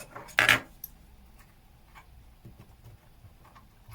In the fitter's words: that's not all the way in